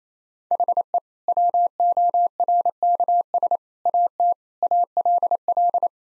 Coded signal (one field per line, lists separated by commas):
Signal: Morse code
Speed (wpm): 28 wpm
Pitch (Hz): 700 Hz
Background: none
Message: HE WORKS AT ALL